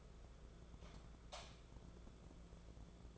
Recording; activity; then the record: daily activity, microphone in the room; light off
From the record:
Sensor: 5